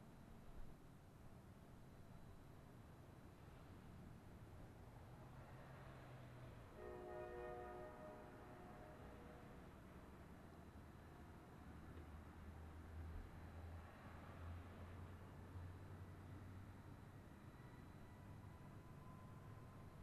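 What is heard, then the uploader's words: A steady low outdoor rumble fills the recording as the light rail and a plane pass, with a single dull thud near the start. Around seven seconds a bright, ringing chime sounds briefly, followed later by a deeper drone and a thin whine. Amélie’s French Bakery & Café. Sitting outside of Amélie's on East 36th street. Car doors being shut, a plane overhead and the light rail.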